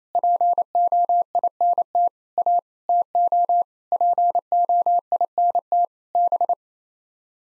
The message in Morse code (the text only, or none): POINT A TO POINT B